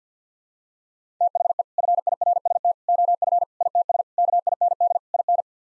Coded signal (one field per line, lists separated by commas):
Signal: Morse code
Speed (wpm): 48 wpm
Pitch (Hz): 700 Hz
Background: none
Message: THE FIRST OF ITS KIND IN